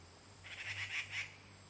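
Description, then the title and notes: Grey treepie uttering four rough, grating notes in quick succession, with background hiss. Birds singing on the ground at Puli Township, Nantou County, Taiwan. "545台灣南投縣埔里鎮成功里種瓜路113號 - 藏機閣的第一聲. Dendrocitta formosae , Birds singing in the ground"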